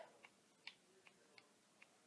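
A hard plastic lid on a REVO Tropical Fruit Lip Balm container is worked by hand while its sturdiness is checked, giving a series of small, sharp plastic ticks at about 0.2, 0.7 (the loudest), 1.1, 1.4 and 1.8 seconds. The lid has not locked or seated yet by the end of the clip.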